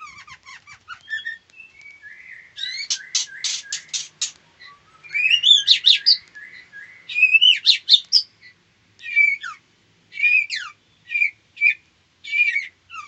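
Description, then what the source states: White-rumped shama singing a varied, fast run of whistles, chirps and rising and falling notes in short bursts, with brief pauses between phrases. Female.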